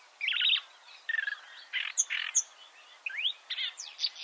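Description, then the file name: Marsh warbler: small bird singing broken phrases of buzzy notes, thin high whistles and a rising slur, with short silences between them. "suara-kicauan-burung-marsh-warbler -omkicau"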